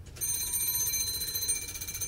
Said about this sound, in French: Qui sonne à la porte?